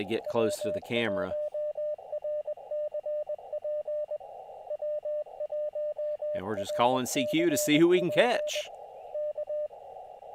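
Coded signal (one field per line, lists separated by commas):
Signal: Morse code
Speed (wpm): 21 wpm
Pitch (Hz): 600 Hz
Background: speech, radio noise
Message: W1RCP W1RCP K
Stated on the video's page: Live QRP POTA CW activation, Elecraft KX2 at 5 watts into an EFHW antenna, battery powered, calling CQ mainly on 20 metres.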